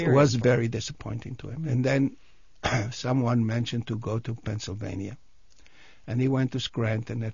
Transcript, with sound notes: This was very disappointing to him. And then (he coughs) someone mentioned to go to Pennsylvania. And he went to Scranton.